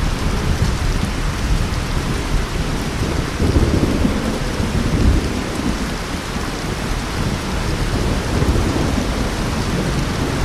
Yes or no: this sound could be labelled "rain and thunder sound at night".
yes